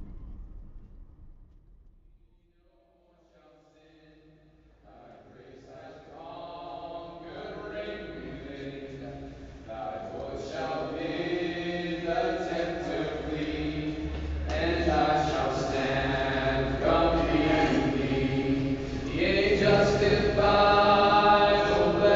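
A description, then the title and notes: A Kenyan outdoor recording where, after a near-silent lull, voices rise in and swell steadily louder and fuller, sounding layered. Kenya Soundscape (Field Recording).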